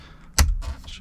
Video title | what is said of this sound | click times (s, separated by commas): Jeep Wrangler & Gladiator Easiest OEM Auxiliary Switch Install! Z-Automotive Auxiliary Kit | Should click into place. | 0.4 s